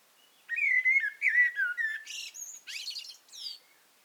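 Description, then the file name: Eurasian blackbird delivering a long flowing phrase of low fluted whistles that shifts into a series of high, shrill twittering notes. "Turdus merula"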